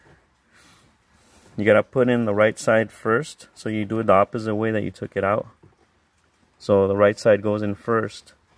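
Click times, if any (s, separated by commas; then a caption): none. A plastic light switch panel is being fitted into the dash opening of an 1987–93 Mustang 5.0, with the right side going in first, the reverse of how it came out. Someone talks throughout, with only faint handling sounds beneath the speech. The clip ends before the panel goes home, so nothing has seated or clicked yet.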